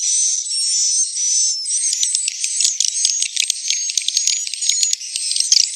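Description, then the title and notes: Swiftlet calls: high whistled notes at first, then a flurry of rapid clicking chirps and thin trills. Swiftlet sound used for swiftlet farming in Asia. "Swiflet Bird Sound. Farming Swiflet Bird asia sound"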